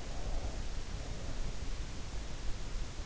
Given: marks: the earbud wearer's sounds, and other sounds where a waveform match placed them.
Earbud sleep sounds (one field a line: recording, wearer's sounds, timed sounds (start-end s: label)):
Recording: sounds in sleep by an in-ear microphone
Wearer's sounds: breath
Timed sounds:
0.00-1.73 s: breath